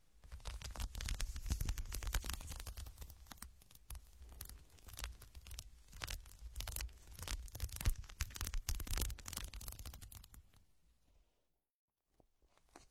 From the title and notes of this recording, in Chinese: 抠耳朵（声控助眠）。